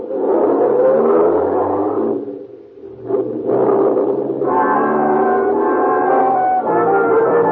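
A car engine roars and revs with a low harmonic drone, dips briefly, then picks up again and holds a steady, throaty pitch as the car pulls away.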